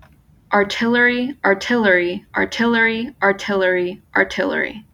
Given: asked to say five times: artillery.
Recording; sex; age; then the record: repeated word; female; 20 to 29 years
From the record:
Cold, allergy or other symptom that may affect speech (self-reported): no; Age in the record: 20 years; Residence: Florida, United States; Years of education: 15